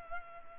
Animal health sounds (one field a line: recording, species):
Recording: mosquito wingbeat signal from an infrared sensor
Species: Culex pipiens